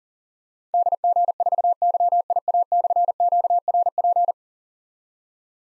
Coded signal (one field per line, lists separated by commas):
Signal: Morse code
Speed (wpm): 39 wpm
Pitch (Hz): 700 Hz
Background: none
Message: DG4YIA/QRP